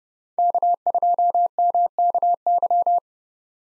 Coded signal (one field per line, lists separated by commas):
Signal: Morse code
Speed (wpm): 38 wpm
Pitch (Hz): 700 Hz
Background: none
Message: K2MKY